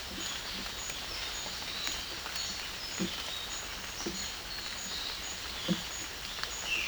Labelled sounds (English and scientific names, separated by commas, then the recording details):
Violaceous Jay (Cyanocorax violaceus)
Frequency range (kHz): Violaceous Jay (Cyanocorax violaceus) 1.9-3.6 kHz
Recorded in dense forest near Puerto Asís, Putumayo, Colombia, on 18 February 2024 at 13:30
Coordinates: 0.502, -76.324
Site G6370